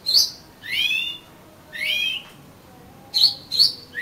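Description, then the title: Oriental magpie-robin song: bright whistled notes and sweeping slurred phrases, then two sharp high chirps near the end, separated by short quiet gaps. "Kacer Kacer"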